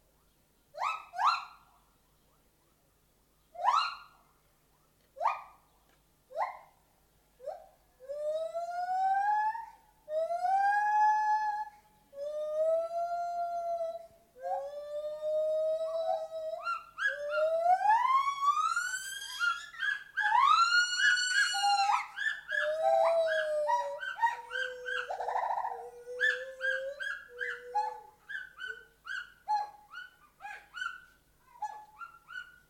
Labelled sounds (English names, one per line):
Lar Gibbon